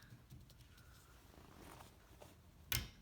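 On a 2000–2009 Ford Focus during a windshield wiper replacement, a plastic wiper blade adapter is lined up with the metal J-hook wiper arm and pressed in. After quiet handling rustles, one sharp click sounds at 2.8 s as the adapter seats on the J-hook. It is then wiggled to check that it is secure.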